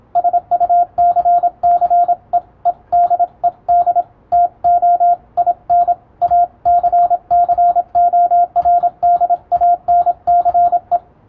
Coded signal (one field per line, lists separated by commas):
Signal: Morse code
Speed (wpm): 27 wpm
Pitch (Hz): 700 Hz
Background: radio noise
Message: SUCCEEDED TO IN ACCORDANCE